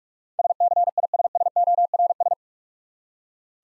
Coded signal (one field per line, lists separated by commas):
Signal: Morse code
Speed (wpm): 45 wpm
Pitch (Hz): 700 Hz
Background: none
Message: SCISSORS